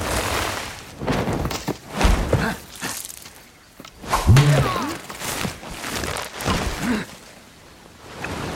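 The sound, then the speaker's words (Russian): Repeated dull thuds and scuffling blows land in an irregular rhythm as two men fight in a bamboo forest on an overcast day, watched by an army of prisoners. Short strained grunts come in between, over a steady hiss of falling rain. “Двое мужчин дерутся.”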